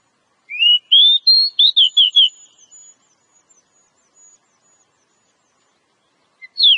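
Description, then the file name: Oriental magpie-robin giving one rising whistled phrase that breaks into a run of quick slurred notes, followed by quiet and a brief note at the end. Oriental magpie-robin song used as a lure recording. "suara kacer pikat"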